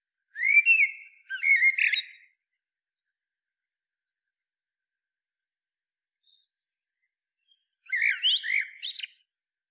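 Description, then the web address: Common blackbird song with two quick fluty phrases, a long gap, then a final phrase that climbs into high twittering squeaks. "SETE Turdus merula"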